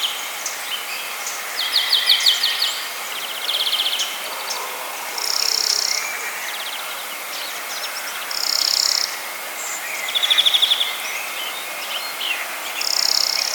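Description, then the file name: European greenfinch calling with quick trilled bursts, mixed with short thin tonal notes that recur every few seconds, under a steady noisy background. "Chloris chloris"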